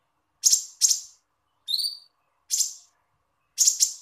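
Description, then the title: Small bird producing sharp, harsh high notes, some doubled, with one thinner harmonic chirp in the middle. "Burung Kecil"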